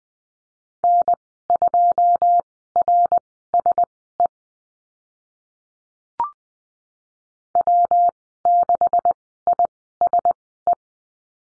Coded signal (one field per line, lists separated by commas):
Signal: Morse code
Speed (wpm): 20 wpm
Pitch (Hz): 700 Hz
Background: none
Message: N2RSE W6ISE